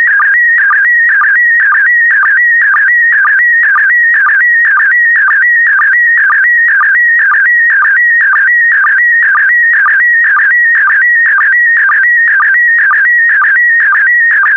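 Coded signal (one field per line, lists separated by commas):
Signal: SSTV (slow-scan television)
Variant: PD120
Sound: warbling, buzzy tone shifting in pitch, with a short low blip about twice per second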